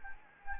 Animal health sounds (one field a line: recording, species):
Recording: mosquito wingbeat signal from an infrared sensor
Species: Anopheles gambiae